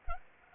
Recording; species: mosquito wingbeat signal from an infrared sensor; Anopheles arabiensis